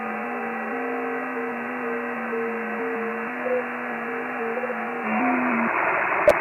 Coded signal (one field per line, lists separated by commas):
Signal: FT8